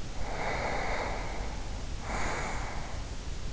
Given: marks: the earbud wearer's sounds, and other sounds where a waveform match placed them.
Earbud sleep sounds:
sounds in sleep by an in-ear microphone; breath
0.06-3.14 s: breath

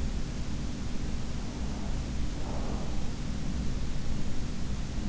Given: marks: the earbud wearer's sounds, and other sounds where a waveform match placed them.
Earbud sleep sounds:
sounds in sleep by an in-ear microphone; breath
1.39-3.74 s: breath

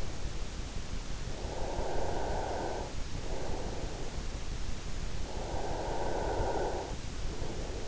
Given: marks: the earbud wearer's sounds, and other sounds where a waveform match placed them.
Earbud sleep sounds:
sounds in sleep by an in-ear microphone; breath
1.38-3.93 s: breath
5.32-7.88 s: breath

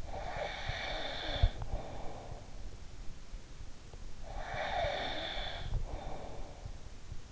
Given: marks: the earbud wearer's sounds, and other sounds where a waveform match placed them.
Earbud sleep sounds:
sounds in sleep by an in-ear microphone; snoring breath
0.00-2.92 s: snoring breath
3.95-7.04 s: snoring breath

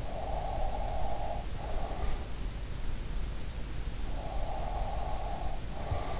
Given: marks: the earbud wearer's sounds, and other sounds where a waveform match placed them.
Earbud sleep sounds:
sounds in sleep by an in-ear microphone; breath
0.10-2.11 s: breath
4.05-6.20 s: breath

